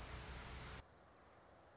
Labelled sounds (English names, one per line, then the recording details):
Orange-crowned Warbler
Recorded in Sonoma County, California